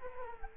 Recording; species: mosquito wingbeat signal from an infrared sensor; Culex quinquefasciatus